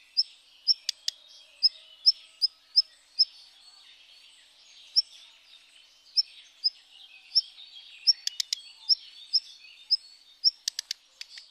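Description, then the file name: Black redstart calls: thin high notes repeated many times, with a few sharp clicking ticks. "Rougequeue Noir"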